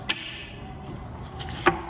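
Pliers spread apart the two ends of the input shaft bearing snap ring in the manual transmission case of a GD3 Honda Fit so the input shaft bearing lets go. After a brief tick near the start and some low handling noise, a sharp click sounds at 1.7 s as the snap ring releases and the bearing drops free.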